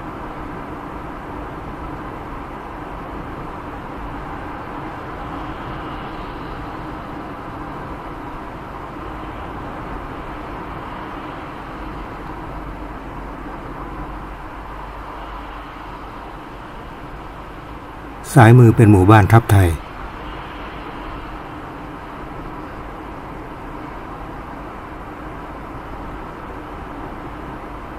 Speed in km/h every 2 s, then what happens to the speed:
60, 59, 59, 59, 59, 59, 56, 54, 54, 55, 56, 57, 57, 58.
0-28 steady at about 57.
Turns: none.